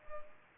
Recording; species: mosquito wingbeat signal from an infrared sensor; Culex pipiens